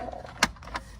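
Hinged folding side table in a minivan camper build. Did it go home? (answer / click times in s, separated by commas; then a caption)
yes / 0.4 s. A hinged folding side table in a minivan camper build is pushed down one-handed, and a sharp click at 0.4 s marks it locking into place, followed by a softer knock at about 0.8 s. Nobody talks during the clip.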